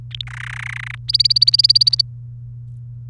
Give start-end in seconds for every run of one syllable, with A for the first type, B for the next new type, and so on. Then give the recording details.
0.11-0.24 A, 0.27-0.95 B, 1.08-2.01 C. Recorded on 28 April 2018 at 12:57. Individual llb3